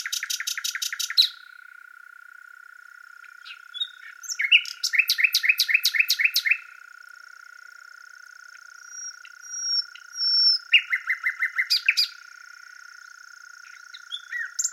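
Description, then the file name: Common nightingale song: rapid repeated clicking notes, then a loud run of rattling pulses, a high thin whistle, and another fast repeated phrase, over a steady background tone. "Luscinia megarhynchos"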